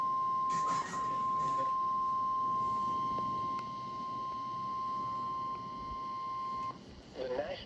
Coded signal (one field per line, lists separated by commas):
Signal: Emergency Alert System (SAME) tones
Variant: 1050 Hz attention tone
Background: speech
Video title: EAS #153 Severe Thunderstorm Warning On NWR